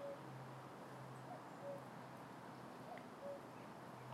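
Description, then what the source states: Cuckoo calling, a two-note cu-ckoo with the second note lower, repeated about every one and a half seconds over a low steady hum. Cuckoo calling in an orchard.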